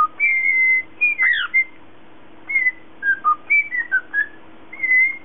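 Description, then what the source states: Cockatiel whistle: a long level note, a sharp swooping chirp, then a string of short clear whistles after a brief pause, over a low hum. Lutino colour variety.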